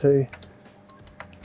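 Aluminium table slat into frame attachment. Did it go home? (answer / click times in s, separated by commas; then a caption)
yes / 1.2 s. An aluminium table slat with a grippy top strip and rounded lugs on the bottom is pushed into the frame attachments, locking into place while someone talks and counts. After the voice, small taps follow, and a sharp click at 1.2 s marks the slat seating into its attachment.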